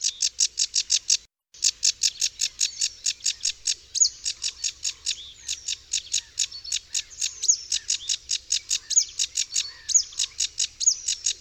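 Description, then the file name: Sedge warbler singing a fast, unbroken stream of scratchy chattering notes, with brief high whistled accents scattered through the jumble and a short pause near the start. "Rokitniczka"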